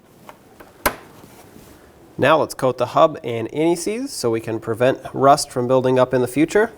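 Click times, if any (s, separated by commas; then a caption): 0.9 s. The plastic retainer clip on the rear ABS speed sensor wire of a 2008-2020 Dodge Grand Caravan is pushed back onto the metal brake line after the connector is locked, with faint ticks at 0.3 and 0.6 seconds. A sharp click at 0.9 seconds marks the clip seating. After a quiet pause, someone talks from about 2.2 seconds on.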